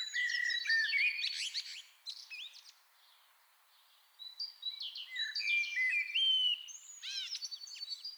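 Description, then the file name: Common blackbird singing dense scratchy twittering mixed with fluty whistles, falling quiet briefly, then resuming with rich whistled and squeaky phrases. "Turdus merula"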